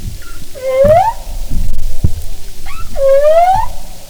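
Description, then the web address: Humpback whale calls: two long rising whoops, each climbing smoothly in pitch, with soft knocks and low rumble beneath. "Marine Mammals humpback"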